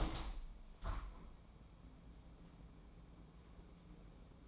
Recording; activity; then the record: daily activity, microphone in the room; open window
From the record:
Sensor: 1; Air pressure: 1012.4 hPa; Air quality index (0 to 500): 168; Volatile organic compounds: 3 ppm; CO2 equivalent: 1368 ppm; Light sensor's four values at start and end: 208/478/211/230 and 204/468/206/226